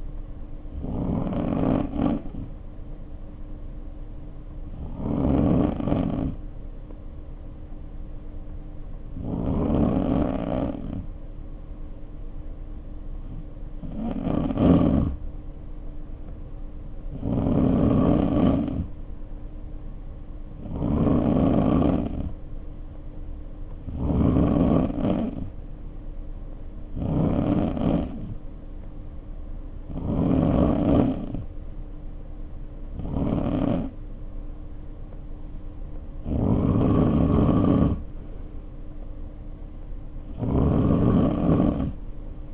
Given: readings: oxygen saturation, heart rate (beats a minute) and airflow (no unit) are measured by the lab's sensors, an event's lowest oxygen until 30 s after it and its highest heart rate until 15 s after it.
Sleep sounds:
breathing in sleep by a smartphone at the bedside; 1
11.00-27.90 s: hypopnea (N2, oxygen 93% highest, then 90% lowest, heart rate 55 at the start, 58 highest)
From the record:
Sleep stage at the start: N2 (light sleep); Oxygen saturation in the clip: 90 to 93%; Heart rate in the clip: 53 to 58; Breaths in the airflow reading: 12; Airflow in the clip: -2.1 to 2.6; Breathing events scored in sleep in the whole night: 520 in 7.2 hours asleep

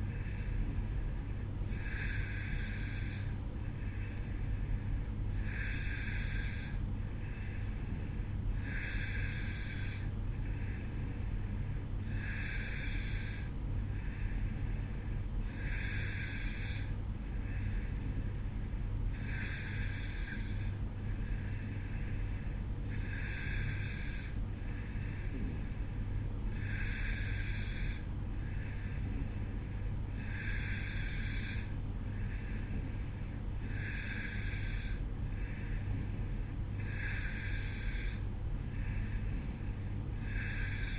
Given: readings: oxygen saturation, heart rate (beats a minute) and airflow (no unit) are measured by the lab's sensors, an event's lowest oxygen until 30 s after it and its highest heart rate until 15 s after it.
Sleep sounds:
breathing in sleep by a smartphone at the bedside; none
none scored
From the record:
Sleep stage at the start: N2 (light sleep); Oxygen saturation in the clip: 91 to 92%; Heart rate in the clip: 54 to 57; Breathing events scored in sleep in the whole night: 305 in 9.6 hours asleep

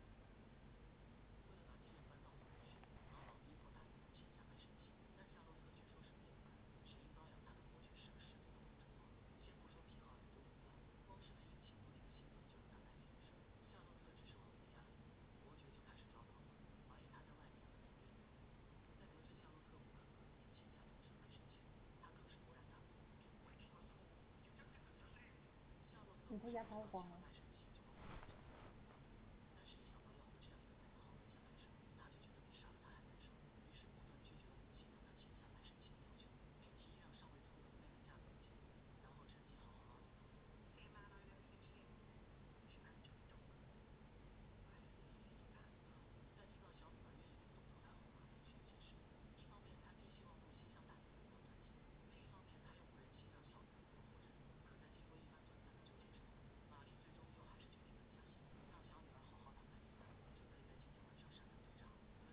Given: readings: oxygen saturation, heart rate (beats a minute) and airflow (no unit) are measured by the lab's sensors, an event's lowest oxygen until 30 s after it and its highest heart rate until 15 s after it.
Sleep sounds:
a person awake in a sleep study, by a voice recorder at the bedside; none
0.00-62.33 s: awake
0.00-62.33 s: awake
From the record:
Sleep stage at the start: awake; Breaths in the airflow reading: 23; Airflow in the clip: -0.7 to 0.8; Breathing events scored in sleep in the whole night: 496 in 5.4 hours asleep

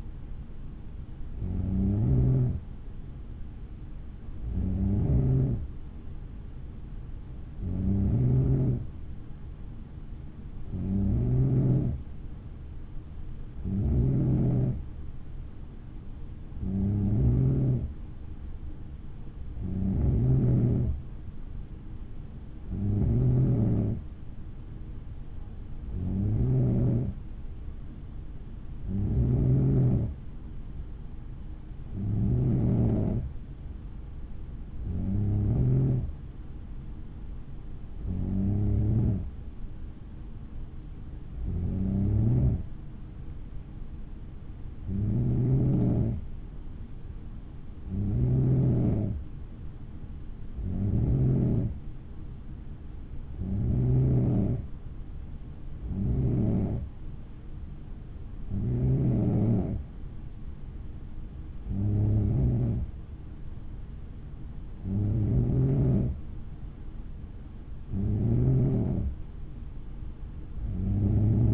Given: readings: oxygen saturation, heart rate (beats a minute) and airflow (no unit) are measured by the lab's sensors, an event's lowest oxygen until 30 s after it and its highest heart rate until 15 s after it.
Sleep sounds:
breathing in sleep by a smartphone at the bedside; none
none scored
From the record:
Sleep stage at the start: N3 (deep sleep); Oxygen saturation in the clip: 92 to 94%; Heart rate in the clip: 56 to 61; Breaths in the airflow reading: 24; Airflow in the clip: -5.5 to 4.5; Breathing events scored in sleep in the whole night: 216 in 7.0 hours asleep

